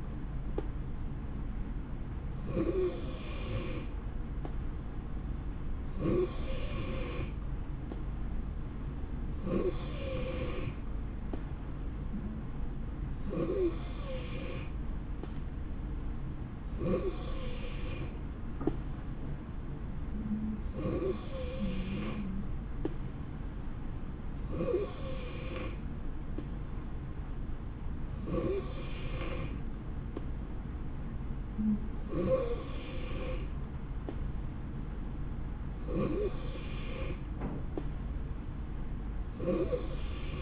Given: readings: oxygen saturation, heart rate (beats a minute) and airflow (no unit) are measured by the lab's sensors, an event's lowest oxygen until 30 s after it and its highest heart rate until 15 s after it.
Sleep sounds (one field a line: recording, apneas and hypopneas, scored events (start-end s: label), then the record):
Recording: breathing in sleep by a smartphone at the bedside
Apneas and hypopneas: none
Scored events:
none scored
From the record:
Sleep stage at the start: N3 (deep sleep)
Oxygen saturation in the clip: 89 to 91%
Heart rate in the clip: 63 to 69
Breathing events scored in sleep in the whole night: 160 in 9.3 hours asleep